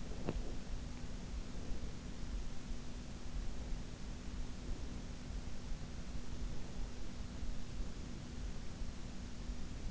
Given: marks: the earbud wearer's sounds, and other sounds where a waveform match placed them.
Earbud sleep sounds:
sounds in sleep by an in-ear microphone; teeth grinding
0.00-0.66 s: teeth grinding

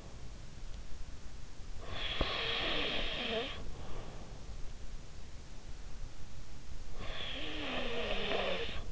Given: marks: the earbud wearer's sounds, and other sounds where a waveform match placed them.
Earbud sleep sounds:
sounds in sleep by an in-ear microphone; snoring breath
1.85-4.24 s: snoring breath
6.93-8.92 s: snoring breath

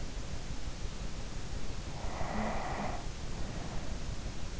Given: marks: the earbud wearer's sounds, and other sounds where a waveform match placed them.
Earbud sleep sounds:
sounds in sleep by an in-ear microphone; snoring breath
1.92-4.52 s: snoring breath

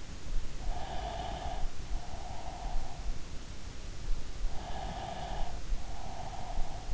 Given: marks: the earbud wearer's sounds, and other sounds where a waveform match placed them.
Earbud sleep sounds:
sounds in sleep by an in-ear microphone; breath
0.70-3.09 s: breath
4.56-6.94 s: breath

